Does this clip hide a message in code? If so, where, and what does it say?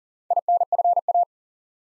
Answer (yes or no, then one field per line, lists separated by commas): yes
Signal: Morse code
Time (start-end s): 0.3-1.2 s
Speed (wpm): 38 wpm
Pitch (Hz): 700 Hz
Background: none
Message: INFA